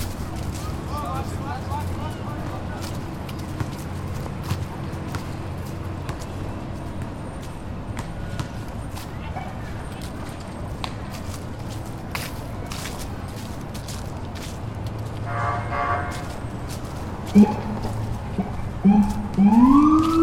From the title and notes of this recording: The only recording not made from a stationary position - this track is essentially a walking tour of Greenpoint's McCarren Park. The crisp autumn air can almost be tasted as shoes crunch down on fallen leaves and a slight breeze leaves a chill behind. Children of all ages play in every corner of the park, most notably teenagers playing basketball in the courts nearby.